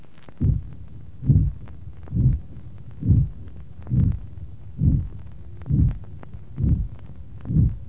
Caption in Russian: Проведение систолического шума на сонной артерии.